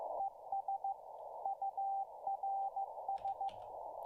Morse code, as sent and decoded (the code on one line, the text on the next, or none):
. ... / ..- .-. ...
ES URS